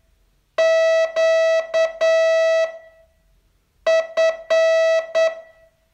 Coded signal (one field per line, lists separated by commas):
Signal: Morse code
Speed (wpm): 9 wpm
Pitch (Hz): 650 Hz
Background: none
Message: Q F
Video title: Learn Morse in 42 Days from VU2LAU - day 31